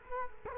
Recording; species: mosquito wingbeat signal from an infrared sensor; Culex quinquefasciatus